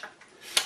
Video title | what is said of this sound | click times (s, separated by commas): 16 Umschaltautomatik Handrad Freilauf | rastet es ein und die Nadelstange bewegt sich mit. | 0.6 s